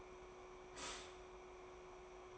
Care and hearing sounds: daily activity, microphone in the room; stop toaster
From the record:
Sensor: 1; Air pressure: 1014.7 hPa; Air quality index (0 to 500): 199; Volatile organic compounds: 33 ppm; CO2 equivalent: 3012 ppm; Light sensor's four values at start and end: 3/8/3/3 and 3/8/3/3

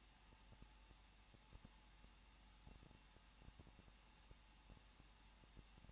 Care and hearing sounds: daily activity, microphone in the room; no activity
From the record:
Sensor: 1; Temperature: 20.1 degrees Celsius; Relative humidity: 39.1%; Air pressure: 1006.5 hPa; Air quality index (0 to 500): 216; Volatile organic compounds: 73 ppm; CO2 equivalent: 3542 ppm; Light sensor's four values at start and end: 1/2/1/1 and 1/2/1/1

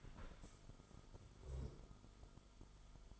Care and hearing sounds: daily activity, microphone in the room; stand up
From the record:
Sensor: 5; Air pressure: 1005.1 hPa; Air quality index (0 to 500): 107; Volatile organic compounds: 2 ppm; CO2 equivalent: 1307 ppm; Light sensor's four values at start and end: 34/79/32/30 and 34/79/32/30

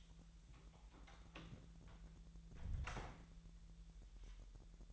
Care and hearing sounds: daily activity, microphone in the room; close door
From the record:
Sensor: 3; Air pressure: 1001.4 hPa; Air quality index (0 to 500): 249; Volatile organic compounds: 145 ppm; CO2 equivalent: 4000 ppm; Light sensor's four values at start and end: 9/21/8/8 and 9/22/9/8

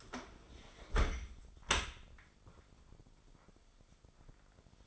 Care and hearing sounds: daily activity, microphone in the room; close dishwasher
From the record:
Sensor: 5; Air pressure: 995.8 hPa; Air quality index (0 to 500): 104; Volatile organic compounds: 7 ppm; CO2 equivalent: 2023 ppm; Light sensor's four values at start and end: 42/101/42/44 and 42/101/42/45

